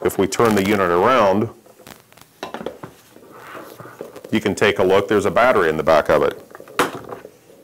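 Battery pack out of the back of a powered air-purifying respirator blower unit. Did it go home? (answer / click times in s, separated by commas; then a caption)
released / 6.8 s. Someone talks while a Dräger X-plore 8500 powered air-purifying respirator blower unit is turned around and handled, giving a few small clicks. The battery pack then pops out of the back of the unit with a sharp, loud hit at 6.8 s, leaving it released.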